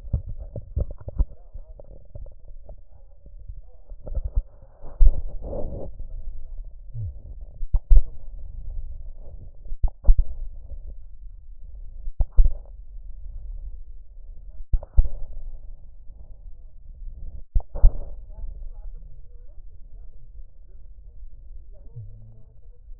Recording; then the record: lung sounds by stethoscope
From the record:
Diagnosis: emphysema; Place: left posterior upper chest